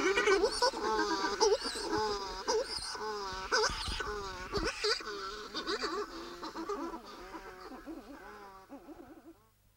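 Buller's shearwater calls, wavering moaning wails with undulating pitch, growing quieter and fading out near the end.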